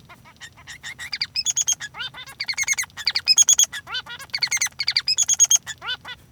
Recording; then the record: song of a male Bengalese finch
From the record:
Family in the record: son of father 3